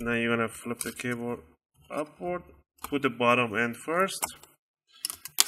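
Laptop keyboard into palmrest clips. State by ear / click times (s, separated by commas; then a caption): seated / 5.0 s, 5.1 s, 5.2 s, 5.4 s. A laptop keyboard is reinstalled in an HP Compaq Presario CQ43: it is slid in bottom edge first, then its corners and top are pressed down so the plastic retaining clips snap into the palmrest. Someone talks for most of the clip, then sharp clicks sound at 5.0, 5.1, 5.3 and 5.4 seconds as the clips snap in. The keyboard is seated.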